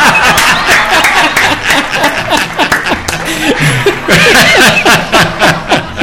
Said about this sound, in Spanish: Esos aplausos son para ti.